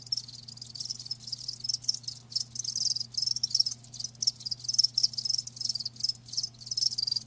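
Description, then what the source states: High-pitched cricket chirping in bursts separated by brief pauses, over a faint hum. Live crickets chirping, a lulling song.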